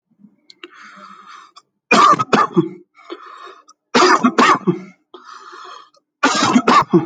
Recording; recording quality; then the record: heavy voluntary cough; excellent, no background noise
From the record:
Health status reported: healthy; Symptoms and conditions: none ticked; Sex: male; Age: 27 years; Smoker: yes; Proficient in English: yes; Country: India